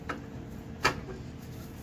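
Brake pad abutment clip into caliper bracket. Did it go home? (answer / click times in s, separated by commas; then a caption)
yes / 0.9 s. A metal brake pad abutment clip is pressed by hand into the rear caliper bracket of a 2007 Jeep JKU. A faint tick at 0.1 s is followed by a sharp metallic snap at 0.9 s as the clip seats. It sits firmly in place with no movement.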